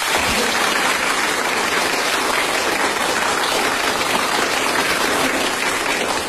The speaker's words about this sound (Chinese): 最后一把，准备又乐又鼓掌。 好， 开始啊。 没问题， 准备录音。 哎， 预备，鼓掌。